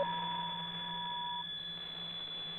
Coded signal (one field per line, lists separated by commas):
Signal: PSK63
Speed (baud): 62.5 baud